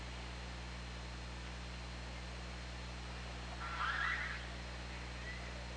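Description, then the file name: Killer whale call: one brief warbling, slightly rising tonal call near the four-second mark, set against steady hiss and low droning hum throughout. OrcaLab recording, 24 August 2017, 13:07. "Orca Lab 20170824 130710"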